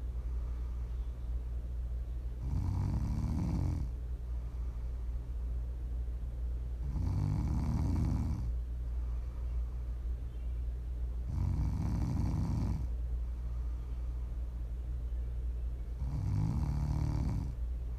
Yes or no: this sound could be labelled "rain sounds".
no